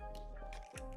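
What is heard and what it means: A plastic trim clip is handled as it is pushed toward its place in a car door panel, after the door panel screw has been reinstalled. Steady background music plays, with brief handling ticks and scrapes near 0.5, 0.8 and 1.0 seconds. Nothing has seated or clicked yet.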